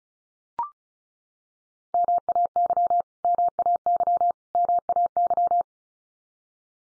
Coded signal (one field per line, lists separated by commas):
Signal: Morse code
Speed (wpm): 34 wpm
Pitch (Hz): 700 Hz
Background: none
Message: MAY MAY MAY